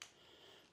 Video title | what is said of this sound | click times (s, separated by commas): My current trash cleaning load out. | snaps right in here | 0.0 s